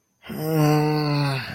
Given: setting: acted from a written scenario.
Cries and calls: vocal sound without words; disappointment

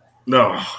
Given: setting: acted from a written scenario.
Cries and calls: vocal sound without words; embarrassment

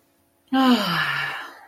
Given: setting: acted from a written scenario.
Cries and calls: vocal sound without words; serenity

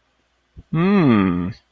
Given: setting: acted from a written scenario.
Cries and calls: vocal sound without words; interest

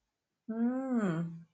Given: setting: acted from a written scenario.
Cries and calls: vocal sound without words; neutral

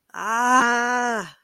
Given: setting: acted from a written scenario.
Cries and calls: vocal sound without words; distress

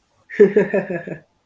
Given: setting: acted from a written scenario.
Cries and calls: vocal sound without words; amusement

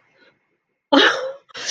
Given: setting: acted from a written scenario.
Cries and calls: vocal sound without words; distress

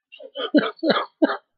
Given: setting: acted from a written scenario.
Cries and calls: vocal sound without words; sadness

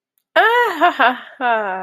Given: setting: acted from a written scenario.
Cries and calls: vocal sound without words; elation

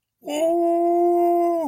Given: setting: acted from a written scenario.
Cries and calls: vocal sound without words; triumph

